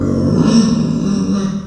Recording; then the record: squeal of a Yucatan mini pig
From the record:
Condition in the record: after surgery on the right vocal fold (resection and tissue-engineered implant); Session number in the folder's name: 9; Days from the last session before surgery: 65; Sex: female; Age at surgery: 19 weeks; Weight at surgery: 25 kg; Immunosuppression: prednisolone